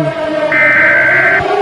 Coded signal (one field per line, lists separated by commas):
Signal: Emergency Alert System (SAME) tones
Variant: header bursts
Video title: EAS Scenario #2 | Uwucutesingle Virus | An EAS Scenario